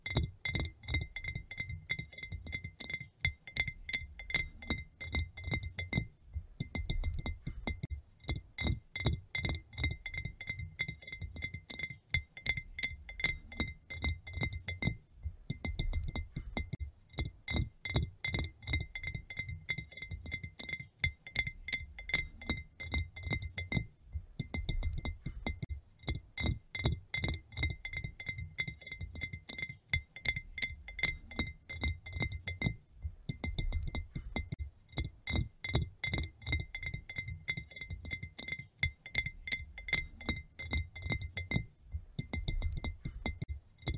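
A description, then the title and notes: Gentle tapping on glass, a rapid, fairly regular stream of light clinks that continues throughout with brief pauses near 6, 15, 24 and 42 seconds. A steady bright ringing tone hangs over the taps, with a soft low rumble underneath, quiet. Gentle Glass Taps. Delicate sounds of gentle tapping on various glass surfaces. The soft tingling of crystal glasses or the melodic notes of a glass bottle.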